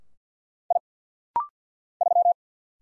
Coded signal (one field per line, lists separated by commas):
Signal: Morse code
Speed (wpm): 50 wpm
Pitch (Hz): 700 Hz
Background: none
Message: I 3